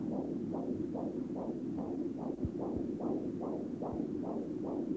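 Rapid, regular whooshing pulses, about 150 a minute, over a steady background hiss: the typical galloping swish of a fetal heartbeat picked up by a Doppler monitor, a normal fetal heart rate.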